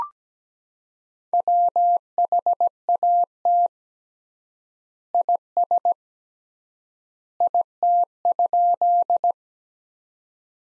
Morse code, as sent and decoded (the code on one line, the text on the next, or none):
.-- .... .- - / .. ... / .. - ..--..
WHAT IS IT?